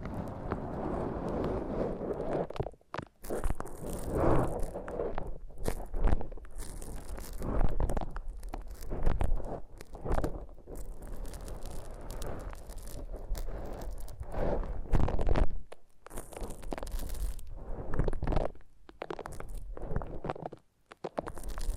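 Foam massage: a continuous squelching, rubbing texture with a low rumbling body, broken by brief dropouts near 3 and 21 seconds. Soft crunchy bursts and brighter squeaky swipes come irregularly, every second or two, with the loudness rising and falling throughout.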